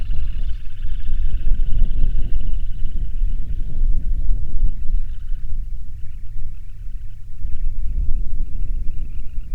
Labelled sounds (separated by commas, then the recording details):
bird
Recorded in the Prudhoe Bay oil fields, Alaska, on 27 June 2019 at 00:13
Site 22